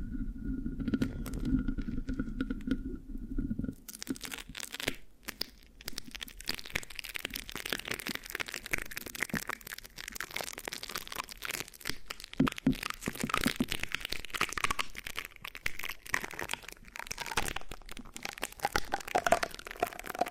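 Mic scratching with sticky, crackling textures fills the recording. The first four seconds hold a low rumbling hum with a faint steady tone above it, then dense, rapid scratchy crackles take over, irregular and bright, with sharper sticky snaps scattered throughout.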